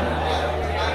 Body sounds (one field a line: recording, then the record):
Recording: background sound without coughing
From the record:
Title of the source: CITY SOUNDS Busy Bar in the Evening Night - 2 HOURS of Ambiance for Relaxation